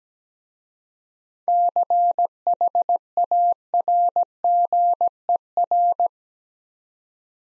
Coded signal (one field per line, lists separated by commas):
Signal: Morse code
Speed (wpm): 17 wpm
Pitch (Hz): 700 Hz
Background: none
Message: CHARGER